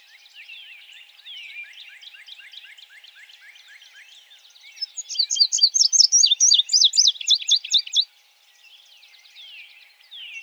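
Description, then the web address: Indigo bunting song, a loud burst of rapid high paired notes for about three seconds, preceded by faint chattering; softer chirps return at the end. Recorded in 2007. "Indigo Bunting 2007 01 04"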